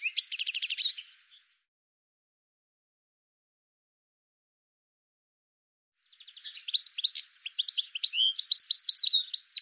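Bird calls: a quick high buzzy trill at the start, a long silence, then a sustained run of fast, varied twittering chirps to the end.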